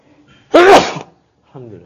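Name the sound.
sneeze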